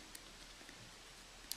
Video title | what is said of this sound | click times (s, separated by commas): iPhone 4S Front Screen & LCD How To Replacement Repair Guide Tutorial | click and then we'll just rub over those as well | 0.2 s, 1.5 s